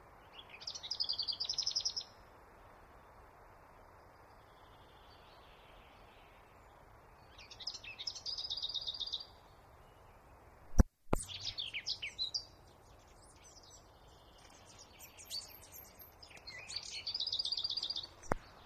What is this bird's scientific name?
Sylvia curruca